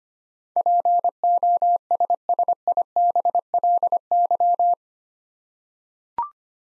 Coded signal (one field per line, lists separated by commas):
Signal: Morse code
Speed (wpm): 25 wpm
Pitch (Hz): 700 Hz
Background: none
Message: POSSIBLY